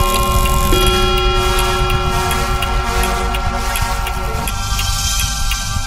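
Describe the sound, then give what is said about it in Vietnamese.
At midnight, a clock ticks at a steady, even pace, its light clicks sitting over a loud, continuous low rumbling drone with faint humming tones, and no voices. “bà Hoài hướng mắt lên nhìn đồng hồ, vừa đúng 12 giờ đêm”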